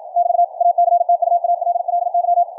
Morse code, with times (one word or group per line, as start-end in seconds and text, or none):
0.2-0.4 <BT>
0.6-2.4 ACTUALLY